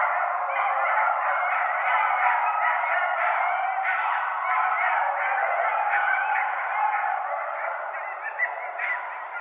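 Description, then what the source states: Coyotes in a dense chorus of overlapping yips, barks and wavering howls, continuous and jumbled throughout. Several coyotes recorded at night on 16 January 2012.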